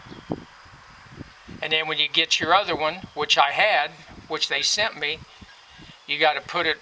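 A screwdriver is pushed in and pried down to pop the plastic cover cap off a windshield wiper arm, and a single sharp hit sounds at 0.3 s as the cap pops off. After that, someone talks over faint background noise.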